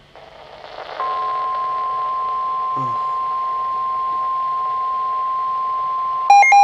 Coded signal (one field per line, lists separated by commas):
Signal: Emergency Alert System (SAME) tones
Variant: 1050 Hz attention tone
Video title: SEVERE WEATHER IN NORTH CAROLINA | EAS Timeline (EAS ALERTS 82-93)